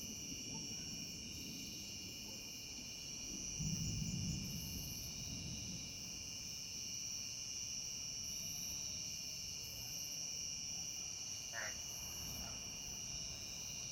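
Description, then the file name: Cicada drone, an unbroken high-pitched buzzing hum throughout, over a low rumble that swells briefly near the start. Cicada singing with distant thunder. "Cicada far thunder"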